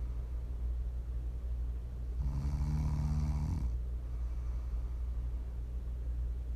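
ASMR snoring from a sleeping adult: a single low-pitched, buzzing snore lasting about a second and a half over a steady low background hum.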